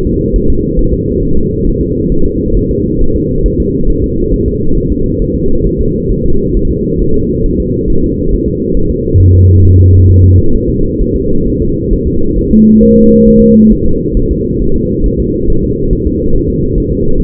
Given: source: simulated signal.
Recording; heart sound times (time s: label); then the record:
fetal heart sounds
0.07 s: S2
0.36 s: S1
0.50 s: S2
0.79 s: S1
0.93 s: S2
1.23 s: S1
1.37 s: S2
1.67 s: S1
1.81 s: S2
2.12 s: S1
2.26 s: S2
2.57 s: S1
2.71 s: S2
3.02 s: S1
3.16 s: S2
3.46 s: S1
3.60 s: S2
3.90 s: S1
4.04 s: S2
4.34 s: S1
4.48 s: S2
4.78 s: S1
4.92 s: S2
5.22 s: S1
5.36 s: S2
5.67 s: S1
5.81 s: S2
6.11 s: S1
6.26 s: S2
6.57 s: S1
6.71 s: S2
7.02 s: S1
7.16 s: S2
7.46 s: S1
7.60 s: S2
7.90 s: S1
8.04 s: S2
8.34 s: S1
8.48 s: S2
8.77 s: S1
8.91 s: S2
9.20 s: S1
9.35 s: S2
9.65 s: S1
9.79 s: S2
10.10 s: S1
10.24 s: S2
10.55 s: S1
10.70 s: S2
11.02 s: S1
11.16 s: S2
11.48 s: S1
11.62 s: S2
11.93 s: S1
12.08 s: S2
12.39 s: S1
12.53 s: S2
12.83 s: S1
12.97 s: S2
13.28 s: S1
13.42 s: S2
13.72 s: S1
13.86 s: S2
14.17 s: S1
14.31 s: S2
14.62 s: S1
14.76 s: S2
15.06 s: S1
15.20 s: S2
15.50 s: S1
15.64 s: S2
15.93 s: S1
16.07 s: S2
16.36 s: S1
16.50 s: S2
16.78 s: S1
16.92 s: S2
17.20 s: S1
From the record:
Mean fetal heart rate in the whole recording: 135 bpm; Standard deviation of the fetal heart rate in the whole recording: 3 bpm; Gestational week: 36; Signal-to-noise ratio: -17.7 dB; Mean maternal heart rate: 72 bpm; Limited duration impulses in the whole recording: present